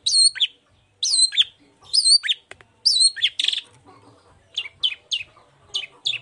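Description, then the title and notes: Long-tailed shrike song: repeated high whistled phrases with falling slurs, a harsh buzzy burst, then shorter chirped notes. Morning singing with varied "toet toet" notes, used as a lure to provoke other long-tailed shrikes into answering. "Cendet Gacor Dor Di Kala Pagi Toet Toet Variasi Suara. Pancingan Emosi Cendet Gacor Full Variasi Toet Toet Bikin Nyaut Cendet Lain Langsung Ikutan Bunyi. Burung cendet"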